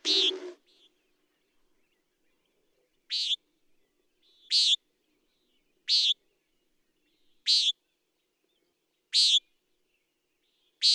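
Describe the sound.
Common nighthawk uttering a steady series of short buzzy peents, about one every one and a half seconds, after an initial longer, rougher note.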